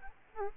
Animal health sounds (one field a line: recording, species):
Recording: mosquito wingbeat signal from an infrared sensor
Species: Aedes albopictus